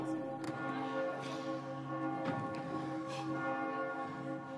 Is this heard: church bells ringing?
yes